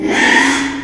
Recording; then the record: squeal of a Yucatan mini pig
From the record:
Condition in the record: after surgery on the right vocal fold (resection and tissue-engineered implant); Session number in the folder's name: 4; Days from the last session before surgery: 42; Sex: male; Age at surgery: 12 weeks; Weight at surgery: 13 kg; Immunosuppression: cyclosporine, prednisolone